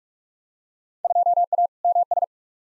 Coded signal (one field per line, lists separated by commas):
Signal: Morse code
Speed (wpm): 46 wpm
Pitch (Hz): 700 Hz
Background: none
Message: 2A MS